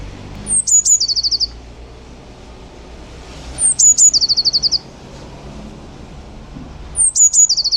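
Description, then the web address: Eurasian blue tit singing, high sharp opening notes then a quick, even trill, the phrase repeated three times about every three seconds. "cianscape birddata Deverinetal 2025"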